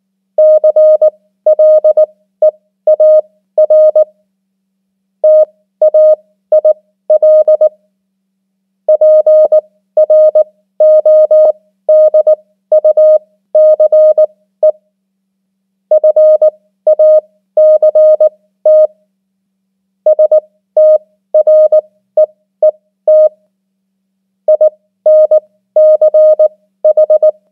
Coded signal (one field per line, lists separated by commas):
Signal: Morse code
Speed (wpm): 19 wpm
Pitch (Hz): 620 Hz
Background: none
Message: CLEAR TAIL PRODUCE FACT STREET INCH